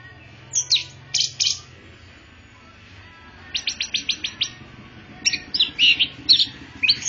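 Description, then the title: Orange-headed thrush song: three bursts of high, sharp chirped phrases separated by pauses, the middle burst a rapid string of short repeated notes. Described as a champion bird, singing vigorously (gacor) with drooping-wing display (teler). "Suara Burung Anis Merah Gacor Teler Doyorng Juara"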